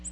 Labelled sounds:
Ovenbird flight call

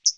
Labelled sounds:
Hooded Warbler flight call

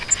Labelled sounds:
Grace's Warbler flight call

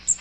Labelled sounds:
Magnolia Warbler flight call

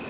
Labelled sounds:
Bay-breasted Warbler flight call

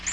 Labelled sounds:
Magnolia Warbler flight call

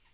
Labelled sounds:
Tennessee Warbler flight call

